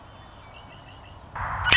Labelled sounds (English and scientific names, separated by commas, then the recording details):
Red-winged Blackbird (Agelaius phoeniceus)
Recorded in Sonoma County, California